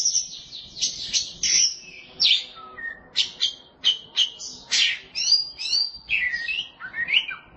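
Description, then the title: Oriental magpie-robin song: varied loud whistled phrases, slurred notes and harsh buzzy bursts given in quick succession, with short pauses between phrases. "Suara Kicauan Burung Kacer"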